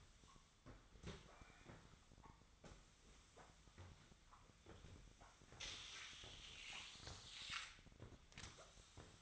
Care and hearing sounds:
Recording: daily activity, microphone in the room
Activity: sweep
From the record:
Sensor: 3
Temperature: 24.4 degrees Celsius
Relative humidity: 34.2%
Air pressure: 1004.7 hPa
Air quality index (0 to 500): 87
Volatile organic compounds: 3 ppm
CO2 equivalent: 1326 ppm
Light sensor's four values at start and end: 7/17/7/6 and 7/17/7/6

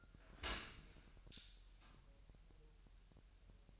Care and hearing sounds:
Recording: daily activity, microphone in the room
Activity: open dishwasher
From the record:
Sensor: 2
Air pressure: 1000.4 hPa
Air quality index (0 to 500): 246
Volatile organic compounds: 92 ppm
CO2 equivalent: 3699 ppm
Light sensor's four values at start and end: 9/21/9/9 and 9/21/9/9

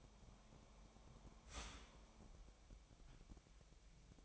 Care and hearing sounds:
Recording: daily activity, microphone in the room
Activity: start toaster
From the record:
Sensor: 1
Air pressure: 1002.0 hPa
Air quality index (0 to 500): 238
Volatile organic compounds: 43 ppm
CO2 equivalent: 3194 ppm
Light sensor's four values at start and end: 10/35/12/14 and 10/35/12/14

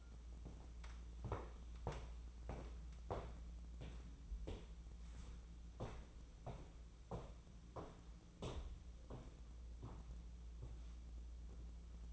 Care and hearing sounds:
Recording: daily activity, microphone in the room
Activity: walk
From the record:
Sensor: 1

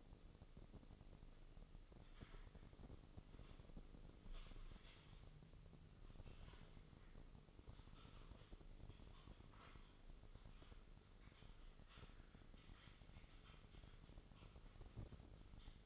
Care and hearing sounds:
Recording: daily activity, microphone in the room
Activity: typing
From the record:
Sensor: 4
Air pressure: 996.0 hPa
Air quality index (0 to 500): 64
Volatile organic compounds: 2 ppm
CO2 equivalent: 1142 ppm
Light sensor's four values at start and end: 16/43/16/17 and 18/48/19/20

